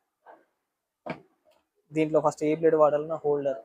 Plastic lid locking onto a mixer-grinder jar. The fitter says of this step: మళ్ళీ ఇలా పెట్టాలంటే టిక్ మా సౌండ్ వచ్చి లాకపోతుంది.